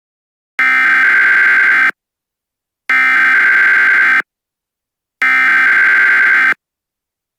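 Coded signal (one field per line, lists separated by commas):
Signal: Emergency Alert System (SAME) tones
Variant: header bursts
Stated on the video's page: Fictional EAS scenario.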